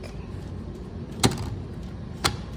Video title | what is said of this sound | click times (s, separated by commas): ACM Review | then may maririnig kang click | 1.2 s, 2.3 s